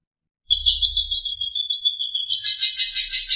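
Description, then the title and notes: Long-tailed Shrike making a fast, chattering run of scratchy notes lasting about three seconds, with a brief low rumble at the start. "Pentet 201703. Suara burung pentet"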